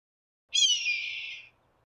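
Red-tailed Hawk delivering one harsh, drawn-out descending scream of about one second, clear and alone against a quiet background.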